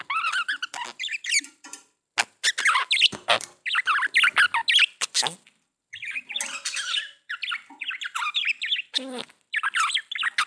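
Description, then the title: Budgerigar warbling chatter, nearly continuous, with bubbly squeaks, rasping notes and clicks, broken by brief pauses. "Budgie Sounds"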